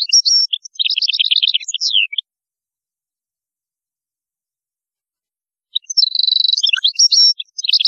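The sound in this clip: European goldfinch song: two bursts of rapid, high, liquid twittering trills with quick slurred notes, separated by about three and a half seconds of silence.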